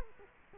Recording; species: mosquito wingbeat signal from an infrared sensor; Culex quinquefasciatus